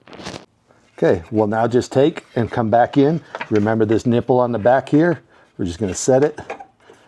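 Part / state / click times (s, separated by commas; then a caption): overflow tank mounting nipple into rubber grommet / not seated / none. The coolant overflow tank of a Jeep JL is handled as it is brought back toward its spot, its rear mounting nipple lined up with the rubber grommet while someone talks throughout. A few faint handling ticks come near the start at about 0.1 and 0.4 seconds. Nothing has seated or clicked yet; the clip ends before the nipple goes home in the grommet.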